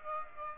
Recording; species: mosquito wingbeat signal from an infrared sensor; Aedes aegypti